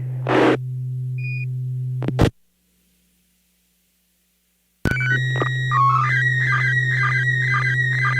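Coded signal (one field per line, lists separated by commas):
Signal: SSTV (slow-scan television)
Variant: PD120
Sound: low hum, a pause, then warbling whistles hopping between pitches around 2 kHz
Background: radio hum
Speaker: we'll start out with our first image of the evening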